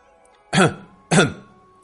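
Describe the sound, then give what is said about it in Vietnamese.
A Taoist man, five thước tall, standing outside a pavilion gives two short, dry coughs about half a second apart, each a harsh, raspy burst that stops abruptly, with quiet in between. “Bên ngoài lầu các, một đạo nhân cao 5 thước ho khan một tiếng.”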